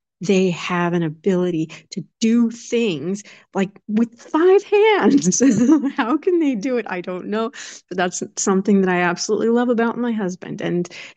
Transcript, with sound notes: They have an ability to do things, like, with five hands. (laughs) How can they do it?
I don't know, but that's something that I absolutely love about my husband.